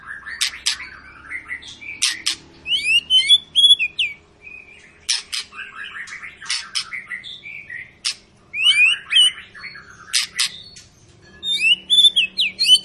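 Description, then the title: White-rumped shama song in repeated bursts of sharp high chips, buzzy notes and short whistles, with quiet pauses between phrases and a faint low hum. Long, energetic lure song of a white-rumped shama, used to prompt other birds to sing. "Pancingan Murai Batu Gacor Panjang"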